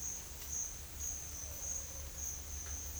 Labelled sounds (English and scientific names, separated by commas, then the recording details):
none
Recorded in pastures near Puerto Asís, Putumayo, Colombia, on 30 June 2025 at 11:00
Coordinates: 0.502, -76.324
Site G010